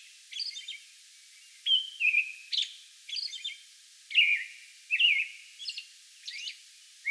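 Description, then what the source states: American robin song, a steady series of warbled whistled phrases in quick succession, mixing lower caroled notes with high squeaky syllables. Song bout recorded May 11.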